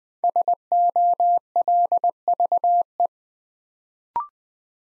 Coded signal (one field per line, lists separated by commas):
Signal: Morse code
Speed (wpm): 20 wpm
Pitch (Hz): 700 Hz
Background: none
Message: SOLVE